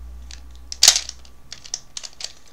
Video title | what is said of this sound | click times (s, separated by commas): Review : Zyudenryu Series 01 & 02 : Zakutor & Parasagun (Zyuden Sentai Kyoryuger) | donc elle est bien sorti et qu'elle est bien enclenchée | 0.8 s